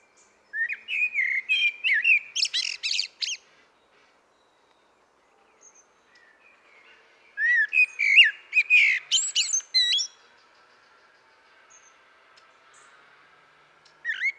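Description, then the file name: Common blackbird song in two separate phrases several seconds apart, each mixing mellow whistles with shrill squeaky twitters, then a new phrase beginning at the end. "Turdus merula"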